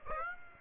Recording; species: mosquito wingbeat signal from an infrared sensor; Aedes aegypti